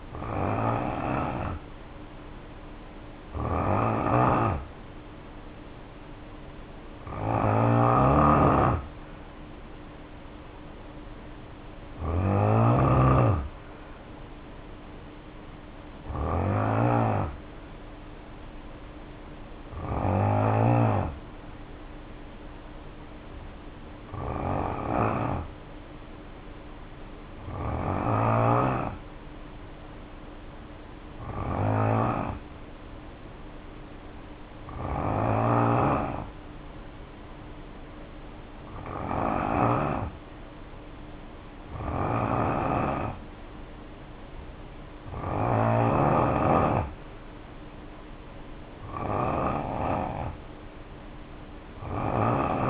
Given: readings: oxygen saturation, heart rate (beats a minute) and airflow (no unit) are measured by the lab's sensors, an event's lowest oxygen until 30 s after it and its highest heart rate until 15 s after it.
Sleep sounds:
breathing in sleep by a voice recorder at the bedside; 1
17.00-40.10 s: hypopnea (N2, oxygen 93% highest, then 89% lowest, heart rate 62 at the start, 64 highest)
From the record:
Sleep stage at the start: N2 (light sleep); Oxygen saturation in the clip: 81 to 93%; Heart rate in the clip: 55 to 66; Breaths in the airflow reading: 13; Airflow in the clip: -1.9 to 2.9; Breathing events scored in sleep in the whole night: 520 in 7.2 hours asleep

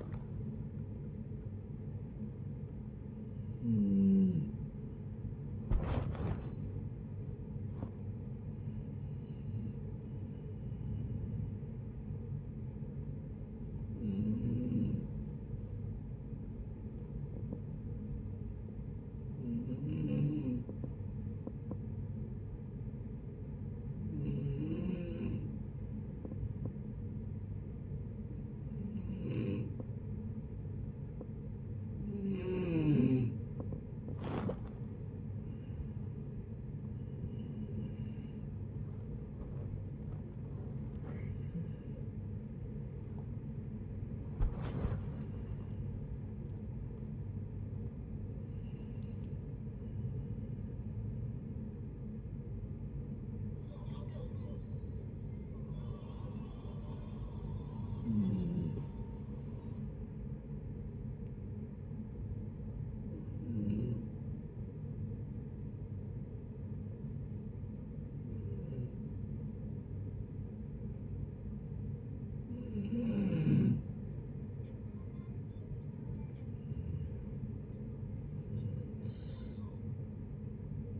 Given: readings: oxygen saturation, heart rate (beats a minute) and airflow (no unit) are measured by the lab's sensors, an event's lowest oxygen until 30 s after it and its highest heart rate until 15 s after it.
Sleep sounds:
a person awake in a sleep study, by a smartphone at the bedside; none
0.00-81.00 s: awake
0.00-81.00 s: awake
From the record:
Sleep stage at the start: awake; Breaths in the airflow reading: 34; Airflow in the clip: -0.6 to 0.7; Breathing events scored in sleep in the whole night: 496 in 5.4 hours asleep

